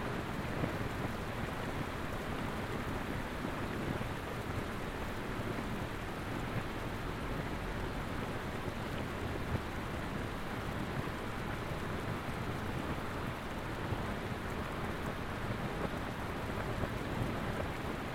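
Constant rain pours down without letup, a dense, even hiss of countless drops with no pauses or swells across the full eighteen seconds. The sound is full and close, weighted toward the low and middle range, with a soft rumble underneath and little brightness on top.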